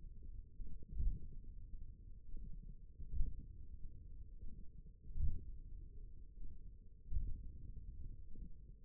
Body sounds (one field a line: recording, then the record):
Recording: forearm muscle sounds (acoustic myography)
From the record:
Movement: hand closing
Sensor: system 1, eight BSWA MPA416 microphones around the upper forearm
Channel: 4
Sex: male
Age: 28 years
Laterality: right